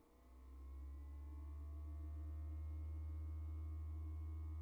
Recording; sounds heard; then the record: poultry house recording; no chicken sound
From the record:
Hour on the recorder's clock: 17